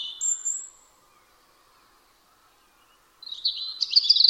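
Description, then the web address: European robin song, a brief high whistled phrase, a quiet gap of about two seconds, then a fast, jingling run of shrill notes. "Deverinetal 2025 File origin Bird Only Er Ru"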